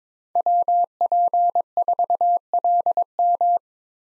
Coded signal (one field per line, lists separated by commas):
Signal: Morse code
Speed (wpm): 22 wpm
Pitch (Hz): 700 Hz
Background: none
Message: WP4LM